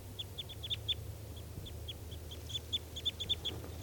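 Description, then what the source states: Crossbill calls: many short, sharp chip notes, often in quick pairs and bursts throughout, over a low steady hum. Three crossbills, including one that had escaped, about to take off and flying towards a net, around 9:15 a.m.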